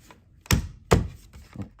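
After a push fails to click it in, an LED turn signal unit for a 2012–2018 Ford is struck into its plastic side mirror housing. Two loud, sharp knocks land at 0.5 s and 0.9 s, followed by fainter taps near 1.6 s. The unit is seated and held tight.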